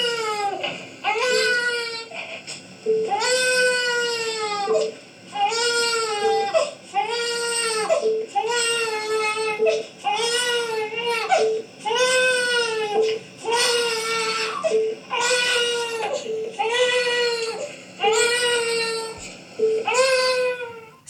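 A newborn infant crying in a steady, metronome-like rhythm: about a dozen regular cry bursts with clear harmonic structure, separated by brief inhalation gaps. The cries are adjusted to match the tempo of a beep; such vocalizations are precursors of language.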